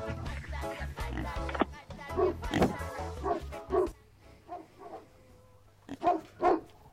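A dog barks in short, sharp bursts, a quick cluster of yaps followed by a pause and then two more loud barks, over a low steady background rumble.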